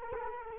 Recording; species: mosquito wingbeat signal from an infrared sensor; Culex quinquefasciatus